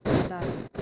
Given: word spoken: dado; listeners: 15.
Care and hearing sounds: one Spanish word in noise, from a listening test; noise modulated by one talker; -7.3 dB; 0 of 15; 7 of 15; 0.42 s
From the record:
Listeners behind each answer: 7, 1, 1, 1, 1, 1, 1, 1, 1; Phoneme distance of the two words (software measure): 44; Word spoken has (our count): 2 syllables, 4 phonemes, stress on syllable 1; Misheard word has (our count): 2 syllables, 6 phonemes, stress on syllable 2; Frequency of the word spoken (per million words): 192.00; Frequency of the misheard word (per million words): 24.15

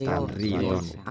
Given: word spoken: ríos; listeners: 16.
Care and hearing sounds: one Spanish word in noise, from a listening test; four-talker babble; -3.0 dB; 0 of 16; 8 of 16; 0.70 s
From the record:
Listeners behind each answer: 8, 1, 1, 1, 1, 1, 1, 1, 1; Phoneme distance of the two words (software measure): 17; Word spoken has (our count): 2 syllables, 4 phonemes, stress on syllable 1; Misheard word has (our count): 1 syllable, 3 phonemes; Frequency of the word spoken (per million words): 42.08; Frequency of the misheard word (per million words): 3.08

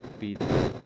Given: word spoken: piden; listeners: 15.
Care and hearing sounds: one Spanish word in noise, from a listening test; noise modulated by one talker; -10.3 dB; 0 of 15; 6 of 15; 0.46 s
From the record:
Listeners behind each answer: 6, 2, 2, 1, 1, 1, 1, 1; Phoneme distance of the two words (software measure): 7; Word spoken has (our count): 2 syllables, 5 phonemes, stress on syllable 1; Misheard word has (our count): 2 syllables, 4 phonemes, stress on syllable 1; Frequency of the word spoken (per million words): 22.07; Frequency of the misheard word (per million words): 50.11

